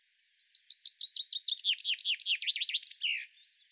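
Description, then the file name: Common chaffinch song: a fast series of bright descending notes that drops lower, ending in a short flourish after about three seconds. "Fringilla coelebs"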